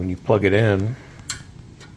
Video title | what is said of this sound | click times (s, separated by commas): Repairing a Zeiss microscope light source | you can hear it lock it won't come out | 1.3 s